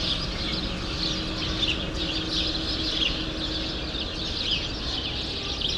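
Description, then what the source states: Sparrow flock chirping, a dense unbroken wash of high chirps and twitters over a faint steady hum. Sparrows in a grove at Rue Saint-Jean Népomucène, Brussels, Belgium; recorded with Earsight V2 microphones in AB into a Mixpre-3.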